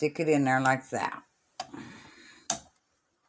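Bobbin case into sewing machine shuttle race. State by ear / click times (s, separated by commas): seated / 2.5 s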